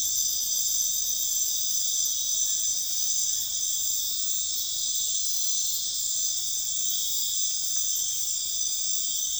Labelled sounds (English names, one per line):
none